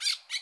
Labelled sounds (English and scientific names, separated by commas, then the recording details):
Brown-throated Parakeet (Eupsittula pertinax) contact call
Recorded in Bonaire
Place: 1 km N of power plant, rd to Republiek
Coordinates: 12.184, -68.285